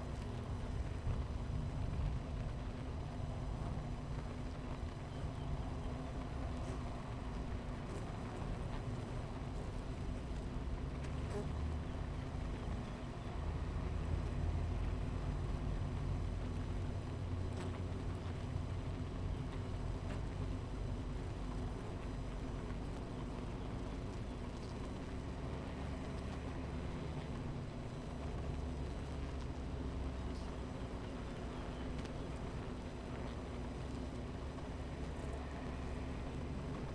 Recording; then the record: honeybee colony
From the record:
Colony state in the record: missing queen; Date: 14 July 2017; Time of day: 11:08